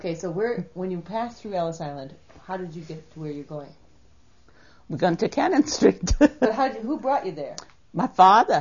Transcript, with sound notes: So where, when you passed through Ellis Island, how did you get to where you're going?
We're gone to Cannon Street. ( she laughs )
But how, who brought you there?
My father.